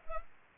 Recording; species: mosquito wingbeat signal from an infrared sensor; Culex pipiens